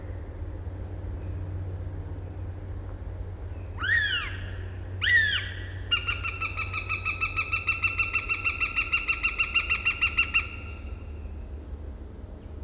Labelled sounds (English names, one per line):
Northern Goshawk call